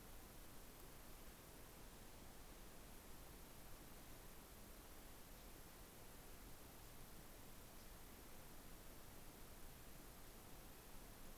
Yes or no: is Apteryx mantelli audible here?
no